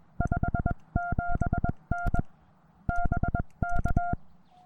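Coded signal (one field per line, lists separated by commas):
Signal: Morse code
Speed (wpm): 21 wpm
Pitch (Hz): 700 Hz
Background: none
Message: 57N BK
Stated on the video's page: Morse sent on an American Morse Mini-B paddle into a Penntek TR-35 transceiver with a BeeTenna VHF antenna during a Summits on the Air activation on a mountaintop.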